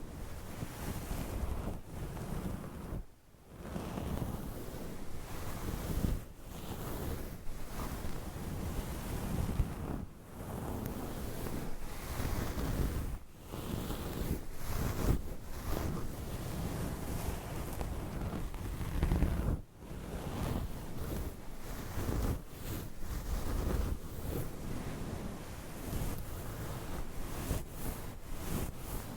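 Fingernails scratch across a microphone cover in a dense, continuous rough rasping that fills everything from low rumble to bright hiss. The strokes come in fast, uneven bursts, broken by short pauses near 3, 10, 13 and 19 seconds.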